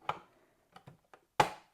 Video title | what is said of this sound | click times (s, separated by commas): Krups Sub beer dispenser review - Sub draught beer tap | thingy back on top until it clicks and then | 1.4 s